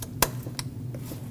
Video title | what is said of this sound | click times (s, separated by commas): How to Replace Valve Cover 2005-2021 Nissan Frontier (2.5L L4) | Make sure you hear that click on the connector. | 0.2 s